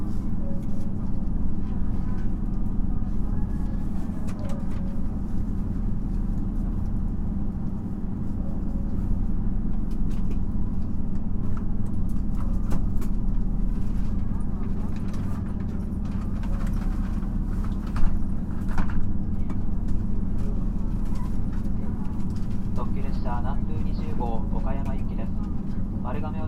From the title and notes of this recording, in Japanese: JR四国 2700系気動車 南風20号 琴平から岡山まで。四国旅客鉄道2700系気動車の走行音です。今回は１回目で、琴平発車後から宇多津発車直後までです。琴平から岡山までの区間で録音しました。